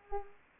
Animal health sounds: mosquito wingbeat signal from an infrared sensor; Culex pipiens

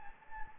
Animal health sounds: mosquito wingbeat signal from an infrared sensor; Anopheles gambiae

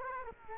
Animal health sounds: mosquito wingbeat signal from an infrared sensor; Culex quinquefasciatus

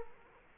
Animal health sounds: mosquito wingbeat signal from an infrared sensor; Culex quinquefasciatus

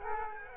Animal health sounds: mosquito wingbeat signal from an infrared sensor; Aedes aegypti

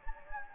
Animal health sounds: mosquito wingbeat signal from an infrared sensor; Anopheles gambiae

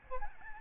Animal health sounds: mosquito wingbeat signal from an infrared sensor; Aedes albopictus

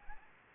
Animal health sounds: mosquito wingbeat signal from an infrared sensor; Anopheles gambiae

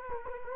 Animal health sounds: mosquito wingbeat signal from an infrared sensor; Culex quinquefasciatus

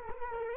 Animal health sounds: mosquito wingbeat signal from an infrared sensor; Culex quinquefasciatus

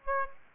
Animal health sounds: mosquito wingbeat signal from an infrared sensor; Aedes aegypti

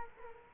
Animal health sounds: mosquito wingbeat signal from an infrared sensor; Culex quinquefasciatus

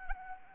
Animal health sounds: mosquito wingbeat signal from an infrared sensor; Anopheles arabiensis

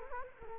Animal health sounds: mosquito wingbeat signal from an infrared sensor; Culex quinquefasciatus

